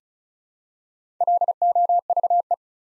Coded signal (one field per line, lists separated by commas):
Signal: Morse code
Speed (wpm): 36 wpm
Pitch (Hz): 700 Hz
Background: none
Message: LOVE